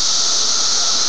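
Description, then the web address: Cicadas giving a continuous dense, hissing buzz at high pitch, unchanging for the whole short stretch, with a faint lower steady tone underneath. Several cicadas; recorded 23 May 2004. "fleur cicadas"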